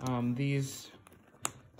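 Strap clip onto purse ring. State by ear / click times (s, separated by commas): seated / 1.5 s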